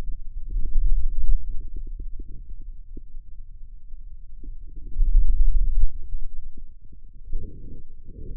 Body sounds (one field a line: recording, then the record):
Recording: forearm muscle sounds (acoustic myography)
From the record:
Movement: hand opening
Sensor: system 2, bracelet of six BSWA MPA416 microphones around the upper forearm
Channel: 6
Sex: male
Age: 22 years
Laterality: right